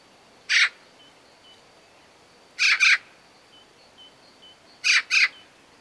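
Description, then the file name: Eurasian magpie calling one harsh note, then two doubled rasping bursts about two seconds apart; soft high chirps are heard between them. "Pica pica"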